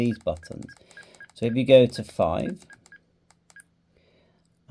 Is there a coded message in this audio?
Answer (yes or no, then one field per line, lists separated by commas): no